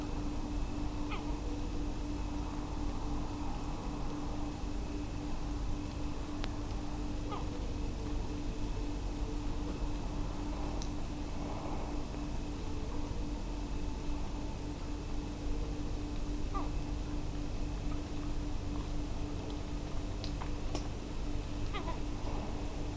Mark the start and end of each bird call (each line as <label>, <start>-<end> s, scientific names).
Larus fuscus, 1.09-1.22 s
Larus fuscus, 7.30-7.43 s
Larus fuscus, 16.54-16.64 s
Larus fuscus, 21.73-21.96 s